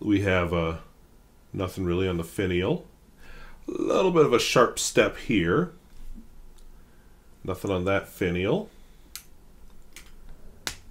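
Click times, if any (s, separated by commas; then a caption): 10.7 s. Someone talks about an orange-finish Parker Jotter metal-bodied fountain pen, then brief light ticks follow as the cap is pushed onto the barrel. It snaps closed with a sharp, quite satisfying snap at 10.7 s, seating the cap.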